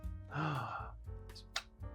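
A plastic brick-built game cartridge is pulled back out of the console cartridge slot, with a sigh-like breath and tonal background sound beforehand. It comes free with a sharp click at 1.6 s, and someone talks.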